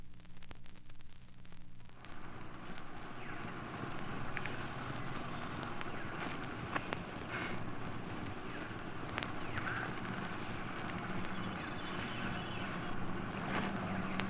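Cricket chirping, high short trilled pulses repeated rapidly for about ten seconds, over a steady broad background hiss and low rumble.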